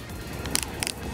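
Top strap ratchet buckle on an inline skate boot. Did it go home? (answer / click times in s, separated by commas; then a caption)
yes / 0.5 s, 0.6 s, 0.8 s, 0.9 s. The top strap of an inline skate boot is ratcheted closed through its buckle, producing sharp clicks at about 0.6, 0.6, 0.8 and 0.9 seconds. The clicking shows the ratchet is going in the right direction, and the strap ends up clicked tight and secure.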